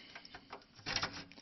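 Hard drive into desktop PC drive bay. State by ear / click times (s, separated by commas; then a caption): not seated / none. A hard drive is lined up with the drive bay rails of an IBM ThinkCentre desktop PC before being slid in, making soft scattered taps and rustles near 0.2 and 0.5 seconds and a louder handling burst around 0.9 to 1.1 seconds. Nothing has seated or clicked yet.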